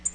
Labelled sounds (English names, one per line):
Tennessee Warbler flight call